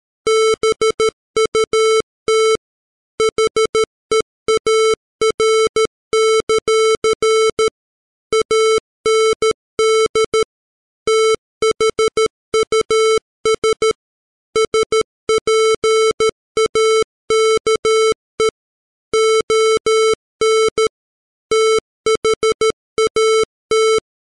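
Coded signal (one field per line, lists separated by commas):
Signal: Morse code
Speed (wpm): 13 wpm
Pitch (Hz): 440 Hz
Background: music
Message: BUT HEAR; AND THUS SPAKE ON THAT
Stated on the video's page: Morse text sent at 13 wpm, generated by PC software as a 440 Hz square wave at 44100 samples per second, 16-bit.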